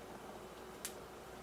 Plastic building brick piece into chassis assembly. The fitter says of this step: that second snap i didn't hear it